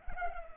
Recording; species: mosquito wingbeat signal from an infrared sensor; Culex pipiens